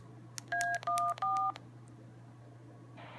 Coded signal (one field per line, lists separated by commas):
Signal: DTMF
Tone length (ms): 270 ms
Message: A14